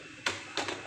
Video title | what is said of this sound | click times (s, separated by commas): Reset Drum Brother HL-2365DW // วิธีการ รีเซ็ต ดรัม Brother HL-2365DW ง่ายๆด้วยตัวเอง | ครับให้ลงล็อคแล้วใส่ดัเข้าไป | 0.3 s, 0.6 s